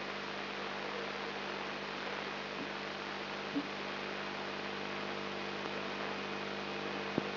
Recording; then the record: brain microelectrode recording played as sound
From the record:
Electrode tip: inside the subthalamic nucleus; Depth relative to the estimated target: 2 mm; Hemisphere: left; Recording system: AlphaMap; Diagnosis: Parkinson's disease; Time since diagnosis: 10 years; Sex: male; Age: 56 years